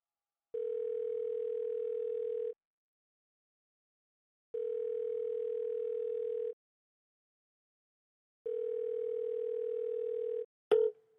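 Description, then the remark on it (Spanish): A telephone tone on an outgoing call to Obama: three steady, mid-pitched two-second beeps separated by two-second silences, ending in a sharp click as the line connects. “Sí, llamamos a Obama.”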